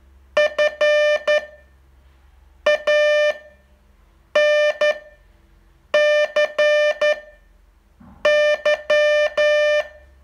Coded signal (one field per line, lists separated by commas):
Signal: Morse code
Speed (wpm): 11 wpm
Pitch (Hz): 600 Hz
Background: music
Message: FANCY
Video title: Learn Morse in 42 Days from VU2LAU - day 38 test